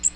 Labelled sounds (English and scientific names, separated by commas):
Magnolia Warbler (Setophaga magnolia) flight call